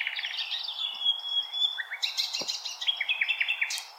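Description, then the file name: Common nightingale song, a pure drawn-out whistle followed by quick rising chirps and trilled notes. Recorded 16 April 2021. "Nightingale-210416"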